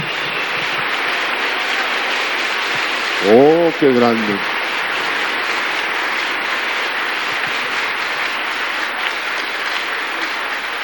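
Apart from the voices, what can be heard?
audience applause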